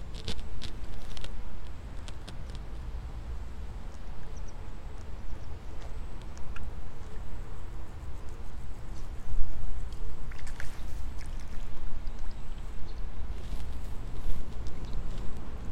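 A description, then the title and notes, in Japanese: Rice seedlings being pulled in the evening, over a steady low rumble that runs throughout. Short wet splashes and clicks break in now and then, clustering near the start, around ten to eleven seconds, and again toward the end. イネ苗取り ブユのいない気持ち良い夕方。いよいよ今年の手植え田んぼも大詰め。夕方、イネの苗取り。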